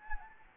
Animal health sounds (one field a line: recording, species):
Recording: mosquito wingbeat signal from an infrared sensor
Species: Anopheles gambiae